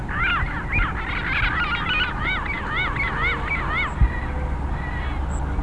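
Bird honking calls, a rapid run of arched, nasal notes that thins out toward the end, over a steady low rumbling background.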